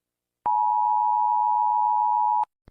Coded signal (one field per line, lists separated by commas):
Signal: Emergency Alert System (SAME) tones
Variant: 853 and 960 Hz attention tone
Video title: Rating eas alarms with my hater P2(NEW CLIPS)